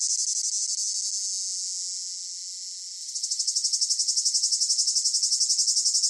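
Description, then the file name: Cicada song, a shrill high whine that starts pulsed, smooths and softens into a continuous tone, then breaks back into sharp rhythmic pulses. Close up; rhythmic chirping in long phrases with a piercing whine. "gain walkers CICADA Close Up Rhythmic Chirping Long Phrases Piercing Whine"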